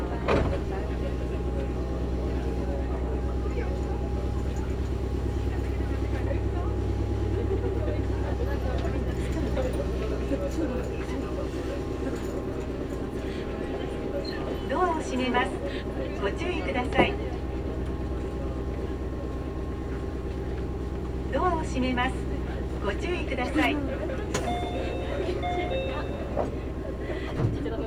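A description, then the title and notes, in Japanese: Inside a moving two-car commuter train, a steady low rumble and hum persist while passengers chat and brief clicks and squeaks punctuate. 名古屋鉄道 三河線（海線）碧南→知立。通学ラッシュになってました。２両編成ですが、１つ目の碧南中央からどんどん乗車してきます。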